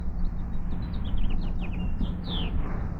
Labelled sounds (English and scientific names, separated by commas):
House Finch (Haemorhous mexicanus) song